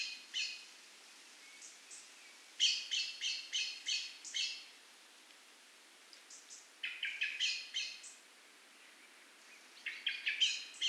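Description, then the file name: Eurasian blackbird calling in scattered bursts of rasping chack notes, several notes per burst, amid light background hiss. "Turdus merula"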